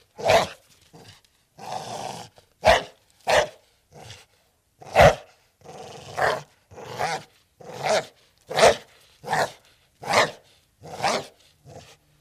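Pit bull barks, many hoarse barks in a fairly quick series, some louder and sharper than others.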